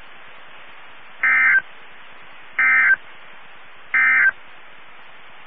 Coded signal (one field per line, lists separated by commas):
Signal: Emergency Alert System (SAME) tones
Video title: EAS 1695-1699 (4/22/22)